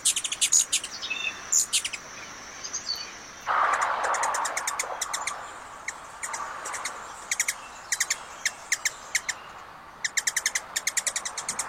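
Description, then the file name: Ruby-throated hummingbird chipping in quick clusters of dry, high ticks throughout, interrupted by a brief broad rushing noise around the fourth second. "Canto do beija flor da garganta vermelha"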